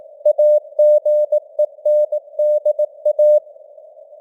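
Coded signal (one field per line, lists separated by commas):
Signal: Morse code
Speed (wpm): 18 wpm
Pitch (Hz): 600 Hz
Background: none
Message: AGENDA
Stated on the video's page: Morse news headlines at 18 wpm with simulated radio noise and varying signal strength (QSB).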